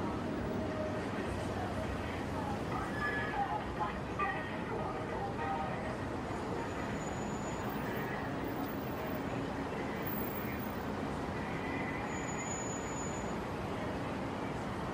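Heavy traffic on the Brooklyn Bridge makes a steady, dense rumble that holds at an even level for the whole stretch, with low engine drone and tire noise. Voices murmur faintly through it, and a few thin high whines drift in around the middle and later.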